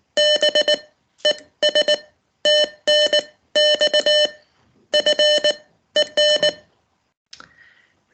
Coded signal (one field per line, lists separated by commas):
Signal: Morse code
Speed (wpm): 19 wpm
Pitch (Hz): 600 Hz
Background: none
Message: BES TNX FEN